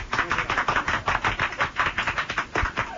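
An audience applauds a couple being introduced, steadily for about three seconds, a dense crackle of many hands clapping with a slight rhythmic pulse running through it, loud and even throughout, with no voices.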